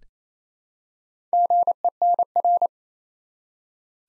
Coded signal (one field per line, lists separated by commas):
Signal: Morse code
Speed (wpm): 28 wpm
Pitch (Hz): 700 Hz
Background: none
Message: GENR